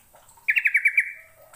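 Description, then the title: Bird song: a crisp, rapid series of about six bright chirps within half a second, otherwise quiet. "Kicau Burung"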